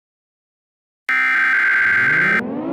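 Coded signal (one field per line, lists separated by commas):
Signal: Emergency Alert System (SAME) tones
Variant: header bursts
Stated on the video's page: Fictional EAS scenario.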